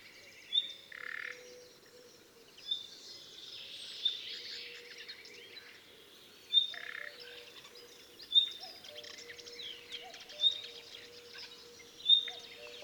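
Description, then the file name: Common nightingale giving brief upslurred whistled calls, about one every two seconds, with a low droning hum and faint hiss behind. "Luscinia megarhynchos"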